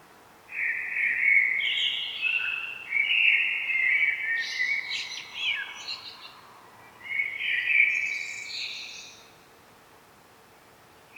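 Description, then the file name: Common blackbird song, rich fluty phrases with quick warbled notes and high scratchy flourishes, several bursts separated by short pauses, then quiet. "Turdus merula"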